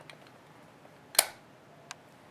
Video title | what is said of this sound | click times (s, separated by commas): Re-Keying a Kwikset Deadbolt & Door Knob (How-To) | Once you hear a snap, it's seated properly, and now we're going to reinsert the spindle. | 1.2 s